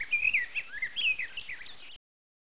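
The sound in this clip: Bird calls: a brief string of thin, whistled chirps that slide up and down, lasting about two seconds before silence.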